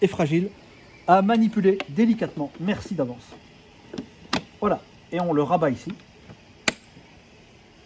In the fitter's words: C'est clipsé.